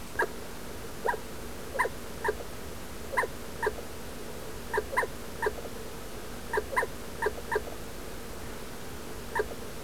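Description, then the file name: Badger chirping: short, clipped, tonal chirps given singly or in quick pairs and triplets at irregular intervals over a low, steady background hum. "Blaireau Pepiement"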